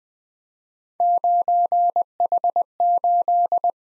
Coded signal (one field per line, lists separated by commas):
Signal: Morse code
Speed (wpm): 20 wpm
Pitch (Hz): 700 Hz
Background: none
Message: 9H8